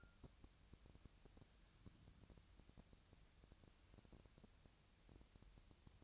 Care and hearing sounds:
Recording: daily activity, microphone in the room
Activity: wipe stove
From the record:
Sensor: 2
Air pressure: 1000.4 hPa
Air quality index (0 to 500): 168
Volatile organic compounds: 3 ppm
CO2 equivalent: 1392 ppm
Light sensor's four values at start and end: 11/26/11/12 and 11/26/11/12

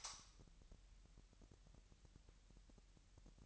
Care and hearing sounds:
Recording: daily activity, microphone in the room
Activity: light on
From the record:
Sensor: 3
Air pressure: 1001.8 hPa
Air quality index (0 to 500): 247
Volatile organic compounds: 48 ppm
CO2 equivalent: 3276 ppm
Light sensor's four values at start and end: 6/13/5/5 and 12/33/13/12

